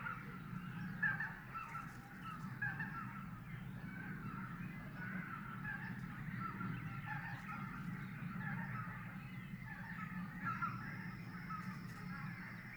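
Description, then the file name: Greater white-fronted goose: a flock of geese keeps up a continuous babble of overlapping honks and yelps, backed by a constant low rumbling noise. "tundrahanhi"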